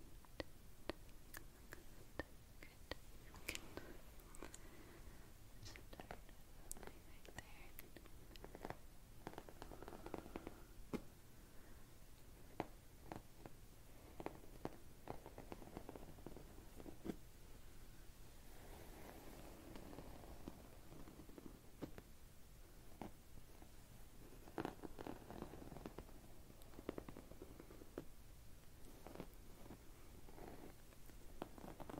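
Layered hand-movement sounds with a steady stream of sharp taps and clicks, irregular and fairly dense across the whole half minute. Soft rustling swells underneath, thickening around 9, 20 and 25 seconds, while a low hum stays constant throughout.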